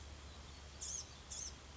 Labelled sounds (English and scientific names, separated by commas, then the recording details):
Blue-gray Gnatcatcher (Polioptila caerulea)
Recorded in Sonoma County, California